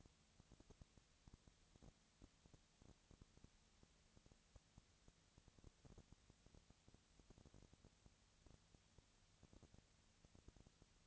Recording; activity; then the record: daily activity, microphone in the room; no activity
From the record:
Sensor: 3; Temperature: 20.6 degrees Celsius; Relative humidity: 35.7%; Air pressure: 998.8 hPa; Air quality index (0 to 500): 235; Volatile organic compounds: 71 ppm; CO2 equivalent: 3524 ppm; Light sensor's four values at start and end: 2/3/2/2 and 2/3/2/2